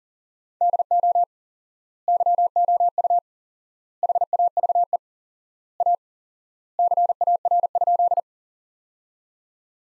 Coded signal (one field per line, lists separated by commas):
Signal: Morse code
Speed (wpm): 40 wpm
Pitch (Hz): 700 Hz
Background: none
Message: DO YOU HAVE A CAR?